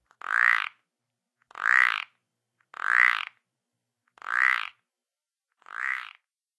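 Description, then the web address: Plains spadefoot call: short, harsh, nasal croaking snores, each about half a second, repeated roughly every 1.3 seconds, five in all. North America. "Songs of Frogs Toads of North America. Plains Spadefoot"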